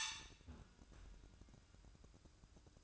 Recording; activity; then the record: daily activity, microphone in the room; close fridge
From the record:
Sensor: 2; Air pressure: 1007.6 hPa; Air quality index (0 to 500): 55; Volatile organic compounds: 1 ppm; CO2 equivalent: 581 ppm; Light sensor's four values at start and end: 9/22/9/9 and 9/22/9/9